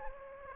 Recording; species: mosquito wingbeat signal from an infrared sensor; Anopheles gambiae